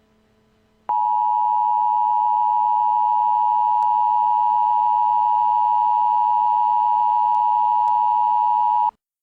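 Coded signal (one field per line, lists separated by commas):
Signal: Emergency Alert System (SAME) tones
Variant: 853 and 960 Hz attention tone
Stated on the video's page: Fictional EAS scenario built around a cartoon chicken fight.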